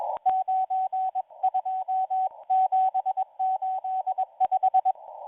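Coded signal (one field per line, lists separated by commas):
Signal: Morse code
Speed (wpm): 21 wpm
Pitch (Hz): 750 Hz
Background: radio noise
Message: 92785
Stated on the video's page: Hand-sent live Russian Morse numbers station on 5810 kHz shortwave, received on a WebSDR.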